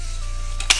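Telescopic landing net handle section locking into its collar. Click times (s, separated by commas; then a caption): 0.7 s. A section of a Black Magic medium telescopic landing-net handle is slid down into its collar, where it auto-locks by itself. Over a steady low hum, a soft sliding scrape at 0.6 s is followed by a sharp click at 0.7 s as the handle locks in place.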